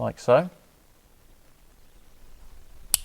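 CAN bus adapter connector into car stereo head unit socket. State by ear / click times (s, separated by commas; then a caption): seated / 2.9 s. A CAN bus adapter's plastic wiring connector is pushed into the socket of a JOYING 8.8-inch Android/Apple car stereo head unit. Someone talks briefly at the start, then after a quiet stretch a single sharp click sounds at 2.9 s as the connector seats in the socket.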